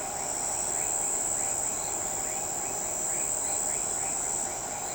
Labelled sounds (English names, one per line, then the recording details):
none
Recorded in shrubland near Pivijay, Magdalena, Colombia, on 15 April 2023 at 05:00
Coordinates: 10.453, -74.365
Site P5-G022